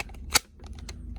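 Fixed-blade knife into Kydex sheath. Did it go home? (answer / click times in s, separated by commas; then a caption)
yes / 0.9 s. A Bradford 5.5 fixed-blade knife is pushed into its molded Kydex sheath, with a strong broadband burst near 0.4 s and a series of light clicks and scrapes. The knife snaps into the sheath's retention with a sharp click at 0.9 s and is seated; when shaken, it stays put with only a little rattle.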